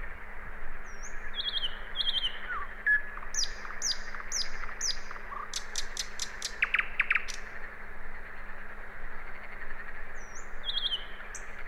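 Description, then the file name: Common nightingale song with varied whistles, stuttering high notes and a fast run of sharp clicking strokes mid-way, returning to softer whistled phrases, steady low hum behind. "Luscinia megarhynchos"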